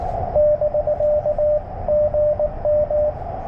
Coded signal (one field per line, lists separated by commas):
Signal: Morse code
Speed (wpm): 20 wpm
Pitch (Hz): 600 Hz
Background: radio noise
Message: <BK> GM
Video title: CW POTA with my new Yaesu FT 891